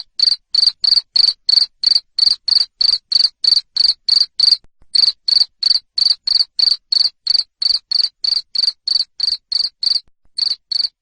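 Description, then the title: Cricket chirping in loud, steady pulses about three a second, with two brief pauses; no other sounds. Loud cricket chirping played to make lovebirds sing continuously. "Suara JANGKRIK NGERIK Keras Bikin LOVEBIRD Jadi NGEKEK Terus Vubey"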